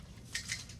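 A folding portable display frame is opened, and its snap joints click into place at 0.4 s. A second, quieter metallic click follows at 0.5 s over a low background hum. The frame's joints are heard seating as it unfolds.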